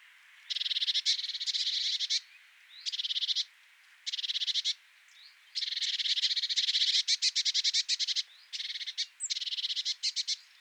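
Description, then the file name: Eurasian blue tit churring: harsh, buzzy, rapid chattering bursts of varying length, repeated with short pauses, with a few thin high notes between them. "Cyanistes caeruleus"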